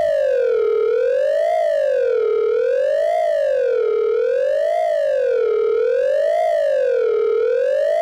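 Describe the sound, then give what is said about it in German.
An alarm siren warning of extreme danger wails steadily, its pitch sweeping up and down in a smooth repeating cycle about every second and a half, loud and continuous with no voices over it. “Alarm. Äußerste Gefahr.”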